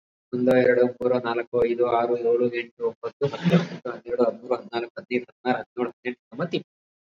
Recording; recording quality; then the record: counting at a normal pace; excellent, no background noise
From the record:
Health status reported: COVID-19 positive, mild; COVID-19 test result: positive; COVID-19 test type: rapid antigen test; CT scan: not taken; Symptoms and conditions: cough, breathing difficulty, fever, fatigue, muscle pain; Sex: male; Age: 34 years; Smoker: no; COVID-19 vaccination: both doses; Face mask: worn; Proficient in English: no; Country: India